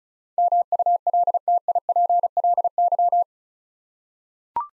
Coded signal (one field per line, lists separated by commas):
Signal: Morse code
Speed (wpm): 36 wpm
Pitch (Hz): 700 Hz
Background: none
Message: MULTIPLY